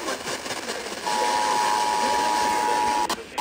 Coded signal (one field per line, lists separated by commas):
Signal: Emergency Alert System (SAME) tones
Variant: 853 and 960 Hz attention tone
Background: speech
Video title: EAS #3018-3022 Severe Thunderstorm Warning